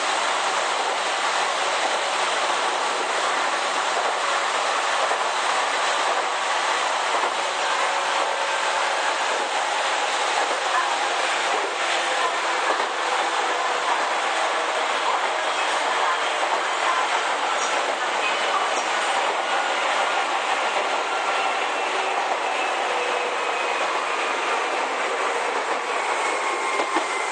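An Izukyu 8000 series train running between Izu-Kogen and Izukyu-Shimoda, heard as a steady, dense rumble and rush that stays level for the whole clip. Faint whining tones drift underneath, with light rattling and clicks scattered throughout.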